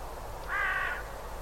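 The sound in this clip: Bird call: a single harsh, harmonic call lasting about half a second over a steady low hum.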